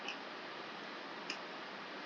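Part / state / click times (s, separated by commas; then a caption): BNC cable connector into pH meter socket / seated / 1.3 s. The BNC cable connector of a pH electrode is pushed onto the socket on the back of a pH meter, to be screwed in until it locks in place. Against a steady hiss, a single short tick at 1.3 s marks the connector seating on the socket.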